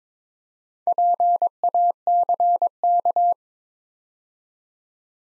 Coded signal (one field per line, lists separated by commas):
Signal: Morse code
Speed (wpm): 22 wpm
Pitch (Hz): 700 Hz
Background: none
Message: PACK